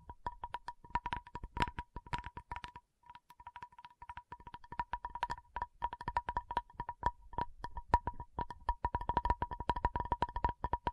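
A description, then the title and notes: Rapid, dense tapping with sharp clicks in quick irregular bursts, occasionally sharper and louder, pausing briefly near the three-second mark before picking up again. A steady thin whistle-like tone hums underneath throughout, and no voices are heard. Tapping Session (No Talking).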